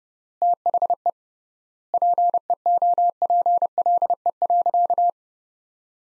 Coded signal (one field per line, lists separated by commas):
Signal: Morse code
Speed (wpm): 32 wpm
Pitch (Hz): 700 Hz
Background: none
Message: THE PEOPLE.